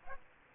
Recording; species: mosquito wingbeat signal from an infrared sensor; Aedes aegypti